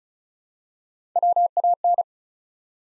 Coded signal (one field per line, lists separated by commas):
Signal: Morse code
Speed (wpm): 36 wpm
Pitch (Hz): 700 Hz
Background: none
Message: WAN